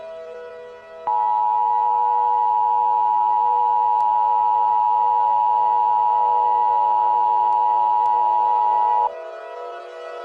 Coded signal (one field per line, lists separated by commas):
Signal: Emergency Alert System (SAME) tones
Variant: 853 and 960 Hz attention tone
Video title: EAS Scenario - Hell II "It's Not Over" (FOR EAS ARIZONA)